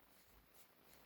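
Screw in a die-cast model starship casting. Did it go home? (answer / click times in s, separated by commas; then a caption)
no / none. A Phillips screwdriver, a bit big for the job, turns a screw anti-clockwise in a tapped hole in a die-cast metal Dinky Starship Enterprise model casting, working toward the point where the thread drops into the existing thread with a clunk. Only quiet, steady handling noise is heard, with no distinct clunk or sharp sound. Nothing has seated or clicked yet.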